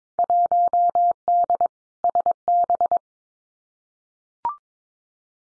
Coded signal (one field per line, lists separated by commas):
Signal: Morse code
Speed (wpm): 22 wpm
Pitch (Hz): 700 Hz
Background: none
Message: 1D SB